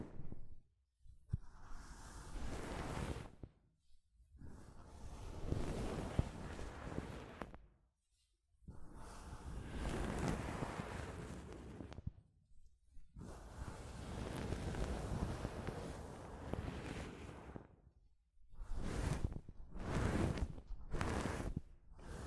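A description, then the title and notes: Soft fabric brushes across a microphone in long, rough sweeps, each lasting two to four seconds with short silent gaps between. The rustling is dense and full, reaching from low rumble to bright hiss, and ends with several quicker, shorter strokes. ASMR Mic Brushing using Soft Fabric (No Talking).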